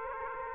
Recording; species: mosquito wingbeat signal from an infrared sensor; Aedes aegypti